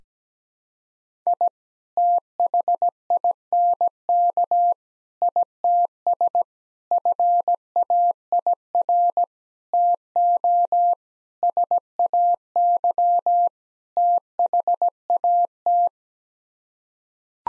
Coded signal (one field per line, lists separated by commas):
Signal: Morse code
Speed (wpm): 17 wpm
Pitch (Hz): 700 Hz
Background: none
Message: I THINK ITS FAIR TO SAY THAT